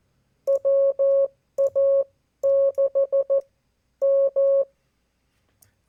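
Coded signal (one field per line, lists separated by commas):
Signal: Morse code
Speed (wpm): 14 wpm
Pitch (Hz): 550 Hz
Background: none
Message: WA6M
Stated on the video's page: Abbreviated park activation from US-3548 Rio de Los Angeles State Park; batteries weren't charged.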